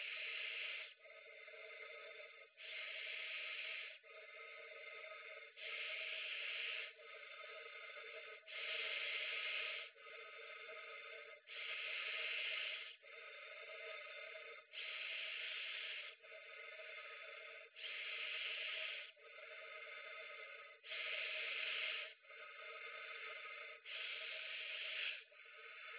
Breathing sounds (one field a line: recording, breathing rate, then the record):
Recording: paced breathing near a phone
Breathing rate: 20 breaths a minute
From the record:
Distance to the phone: 20 cm